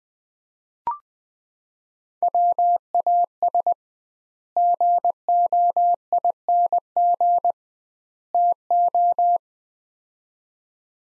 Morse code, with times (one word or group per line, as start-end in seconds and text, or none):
2.2-3.7 WAS
4.6-7.5 GOING
8.3-9.4 TO